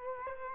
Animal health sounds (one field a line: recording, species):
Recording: mosquito wingbeat signal from an infrared sensor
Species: Culex quinquefasciatus